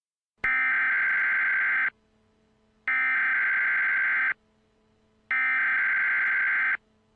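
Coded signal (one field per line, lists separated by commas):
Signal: Emergency Alert System (SAME) tones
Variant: header bursts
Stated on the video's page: A fictional EAS scenario; the tones may be loud.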